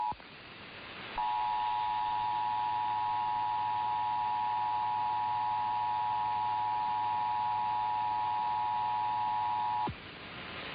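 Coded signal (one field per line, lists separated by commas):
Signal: Emergency Alert System (SAME) tones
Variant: 853 and 960 Hz attention tone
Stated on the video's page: Real required monthly and weekly tests, some received via FM translators; some weekly tests carried as scroll without tones.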